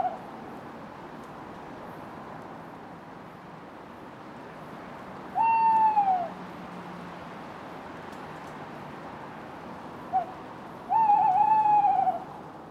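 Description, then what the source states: Tawny owl song: a long falling hoot, a pause of about four seconds, a short soft note, then a long quavering, wavering hoot, with faint low rumble beneath. Male.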